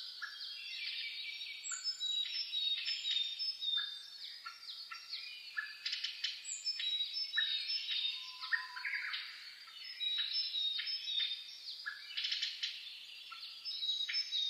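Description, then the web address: Birds in a dense dawn chorus: many overlapping high chirps, trills and short whistled notes sounding continuously, several singers at once with no pauses. Dawn chorus (reimei) of birdsong (saezuri), recorded 10 May 2010 at 04:01 with a DH-D50 recorder. "sounds data 2010 reimei DH-D 50-saezuri-20100510-0401"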